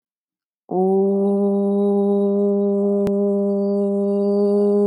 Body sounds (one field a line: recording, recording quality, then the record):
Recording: sustained vowel as in boot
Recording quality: excellent, no background noise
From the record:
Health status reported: healthy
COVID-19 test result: not tested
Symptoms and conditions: none ticked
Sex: female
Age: 22 years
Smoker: not ticked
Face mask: not worn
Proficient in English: yes